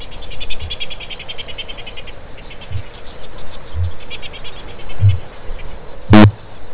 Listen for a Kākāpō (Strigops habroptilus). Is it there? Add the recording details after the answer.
yes. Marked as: faintness 5/5, faintness 3/5, faintness 1/5. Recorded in New Zealand. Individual Stumpy